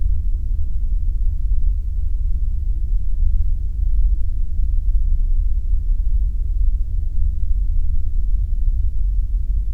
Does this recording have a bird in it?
no